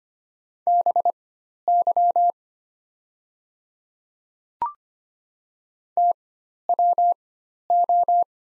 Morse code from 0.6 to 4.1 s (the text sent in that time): BY